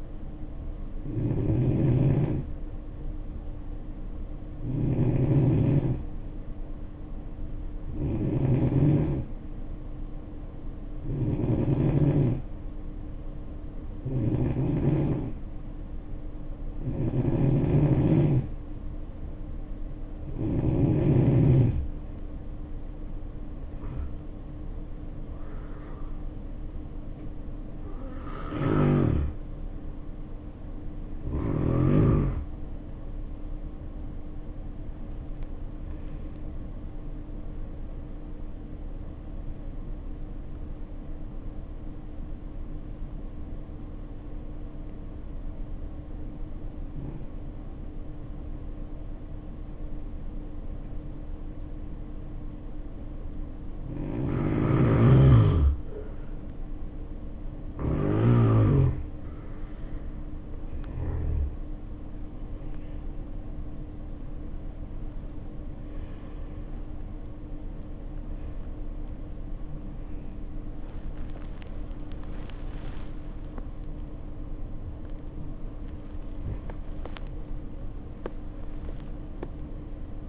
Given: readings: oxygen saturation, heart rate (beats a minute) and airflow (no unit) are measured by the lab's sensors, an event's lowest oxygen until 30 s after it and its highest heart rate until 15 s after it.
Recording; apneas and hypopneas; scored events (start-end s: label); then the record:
breathing in sleep by a smartphone at the bedside; 2
11.00-28.40 s: hypopnea (N2, oxygen 91% highest, then 90% lowest, heart rate 65 at the start, 71 highest)
11.00-41.00 s: new sleep stage, N1 (lightest sleep)
41.00-71.00 s: new sleep stage, N2 (light sleep)
43.00-57.00 s: obstructive apnea (N2, oxygen 94% highest, then 84% lowest, heart rate 60 at the start, 77 highest)
71.00-80.29 s: new sleep stage, N1 (lightest sleep)
From the record:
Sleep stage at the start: N2 (light sleep); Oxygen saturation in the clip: 84 to 94%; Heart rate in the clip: 57 to 77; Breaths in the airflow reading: 18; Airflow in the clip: -8.5 to 8.2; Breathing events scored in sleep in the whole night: 520 in 7.2 hours asleep